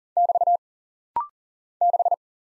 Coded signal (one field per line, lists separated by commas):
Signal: Morse code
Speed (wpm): 40 wpm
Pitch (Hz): 700 Hz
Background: none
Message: <BT> 6